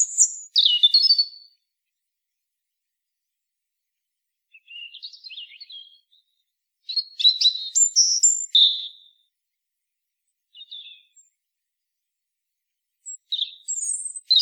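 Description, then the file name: European robin singing short, varied sparkling phrases, high whistles and lower warbles, separated by silent gaps. "Erithacus rubecula"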